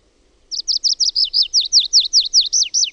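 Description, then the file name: Tree pipit song of a fast series of high, sharply downslurred notes, steady and clear against a quiet background. "METSAKIRVINEN"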